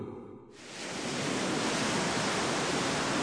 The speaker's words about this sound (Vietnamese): Hôm ấy trời thật bình yên và trong trèo, sóng ảo ạt tràn vào bờ cát trắng phẳng lì.